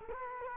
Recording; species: mosquito wingbeat signal from an infrared sensor; Culex quinquefasciatus